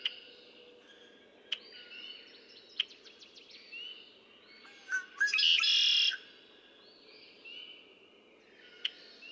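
Red-winged blackbird song, stuttering clicks building to a gurgling note and a loud buzzy trill of about a second, then sharp chips; faint whistles throughout.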